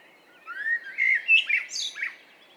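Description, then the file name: Common blackbird song: a single phrase of smooth, rising whistled notes followed by a high, thin squeaky flourish. "Turdus merula"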